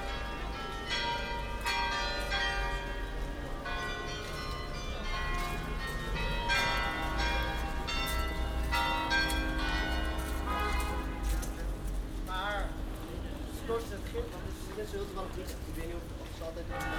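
Church bells ring densely over a busy street, with voices and a steady low rumble, the bells thinning after about twelve seconds.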